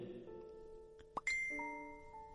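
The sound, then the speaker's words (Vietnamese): A phone ringtone sounds alone as a bright electronic chime: a soft tonal hum, a sharp click, then a ringing high note that steps to a new pitch and rings on steadily. “Chuông điện thoại rung lên, làm cho Vi bừng tỉnh nhất.”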